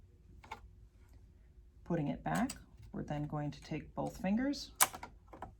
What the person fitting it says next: hear that click and i love it